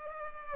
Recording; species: mosquito wingbeat signal from an infrared sensor; Culex pipiens